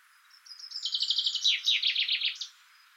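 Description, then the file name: Common chaffinch song: a few soft introductory notes, then a descending rattle of bright notes ending in a sharp flourish. "Fringilla coelebs"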